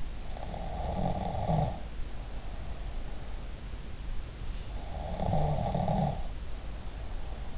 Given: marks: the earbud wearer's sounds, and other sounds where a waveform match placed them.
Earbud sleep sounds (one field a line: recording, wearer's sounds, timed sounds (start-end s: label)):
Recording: sounds in sleep by an in-ear microphone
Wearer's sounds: snoring breath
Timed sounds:
0.46-3.20 s: snoring breath
4.64-7.58 s: sound from someone else or the room
4.92-7.58 s: snoring breath